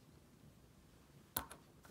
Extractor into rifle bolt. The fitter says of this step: and you'll hear it just kind of snap into place. There it goes. Good job.